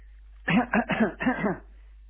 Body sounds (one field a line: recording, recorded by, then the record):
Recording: voluntary cough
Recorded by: telephone call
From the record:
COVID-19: negative